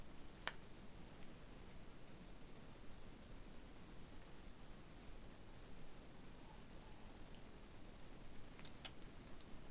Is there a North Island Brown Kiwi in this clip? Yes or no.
no